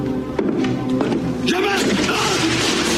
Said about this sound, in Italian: il suocero, fa una brutta caduta dalle scale proprio mentre è col genero e muore in ospedale senza mai riprendere conoscenza.